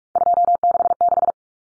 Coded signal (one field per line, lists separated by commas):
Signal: Morse code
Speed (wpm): 44 wpm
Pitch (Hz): 700 Hz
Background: none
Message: 266